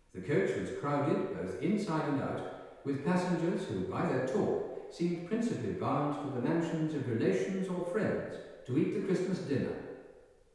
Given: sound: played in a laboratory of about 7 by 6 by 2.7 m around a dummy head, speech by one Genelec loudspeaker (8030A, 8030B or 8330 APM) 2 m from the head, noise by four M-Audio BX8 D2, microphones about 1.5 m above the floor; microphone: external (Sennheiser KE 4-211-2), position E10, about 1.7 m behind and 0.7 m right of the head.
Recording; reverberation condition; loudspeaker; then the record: male speech in English; high; in front (0 degrees)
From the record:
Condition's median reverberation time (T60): about 1300 ms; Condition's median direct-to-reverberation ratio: about -4.0 dB